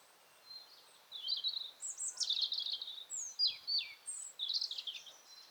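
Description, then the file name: European robin song phrase of high, sweet whistles and sliding, jumbled warbles, each note changing pitch, lasting several seconds. "Erithacus rubecula"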